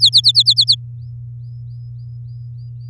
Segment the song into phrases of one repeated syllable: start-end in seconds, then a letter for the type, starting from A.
0.00-0.75 A